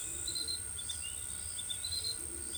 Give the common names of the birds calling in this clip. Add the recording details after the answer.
none. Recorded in forest near Pivijay, Magdalena, Colombia, on 15 April 2023 at 18:00. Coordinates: 10.467, -74.380. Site Z5-G034